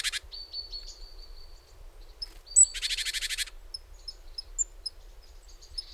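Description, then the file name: Great tit calls: a steady thin high whistle, then a single harsh churring rattle, followed by soft scattered high chips. "Parus major"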